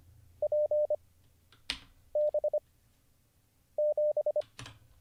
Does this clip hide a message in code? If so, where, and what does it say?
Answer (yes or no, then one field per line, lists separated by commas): yes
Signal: Morse code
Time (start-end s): 0.4-4.4 s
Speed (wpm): 25 wpm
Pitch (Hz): 600 Hz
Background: none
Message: P B 7